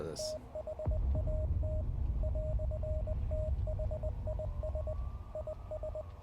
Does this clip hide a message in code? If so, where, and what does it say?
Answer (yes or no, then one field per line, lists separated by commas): yes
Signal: Morse code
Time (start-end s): 0.2-6.0 s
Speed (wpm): 20 wpm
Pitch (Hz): 620 Hz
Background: none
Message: THAT "THIS IS